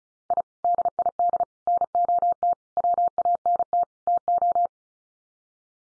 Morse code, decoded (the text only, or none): I DID NOT WANT TO